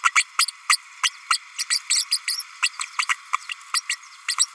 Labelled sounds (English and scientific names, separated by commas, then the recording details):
Green-rumped Parrotlet (Forpus passerinus) babbling
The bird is a female
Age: 32 days
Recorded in a nest box in Venezuela
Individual 17B32A5